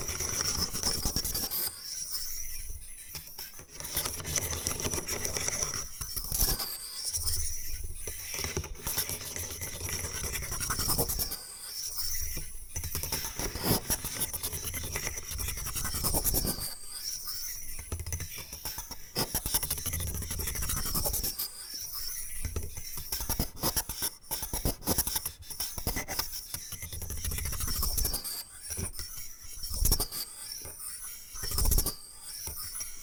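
Bamboo is scratched and brushed in steady rasping strokes, with dense scraping broken by brief pauses every few seconds and occasional sharper taps.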